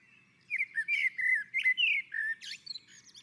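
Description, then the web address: Common blackbird singing a rich, flowing fluted phrase of several slurred notes, followed by a high scratchy twittering finish. On a roof. "Naturinspelningar Koltrast på taket"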